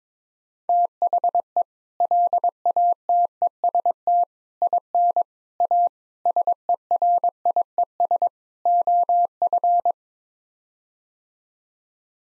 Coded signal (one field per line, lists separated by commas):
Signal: Morse code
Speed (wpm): 22 wpm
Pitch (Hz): 700 Hz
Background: none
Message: THE LATEST IN A SERIES OF